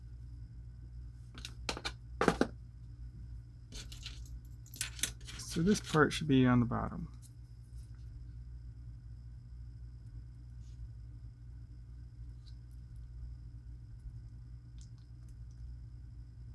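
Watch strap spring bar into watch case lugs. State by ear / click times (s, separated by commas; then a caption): not seated / none. A watch strap with a quick-release spring bar is lined up against the lugs of a watch case, with the correct side at the bottom. Light, sharp handling taps come around 1.7–2.4 s and again near 4.8–5.0 s, someone talks briefly, and then it goes quiet apart from a few faint ticks. The spring bar has not clicked into the lug holes yet, and nothing has seated.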